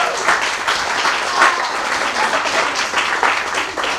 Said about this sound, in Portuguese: Podem aplaudir.